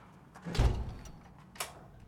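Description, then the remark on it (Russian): A door is closed behind a departing visitor. It swings shut with a solid low thud, followed a moment later by a lighter click of the latch, with faint rustling in between and no voices. “закрывает за ней дверь.”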